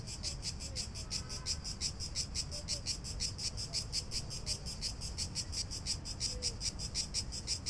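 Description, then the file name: Cricket chirping, a high buzzy pulse repeated rapidly and steadily throughout, over a low rumbling background. Recorded in Athens. "Athens Cicadas Crickets"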